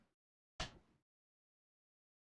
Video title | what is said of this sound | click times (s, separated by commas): Alienware 17 R3 Battery replacement part 2 | just want to just double check oh yeah all that popped out okay | 0.6 s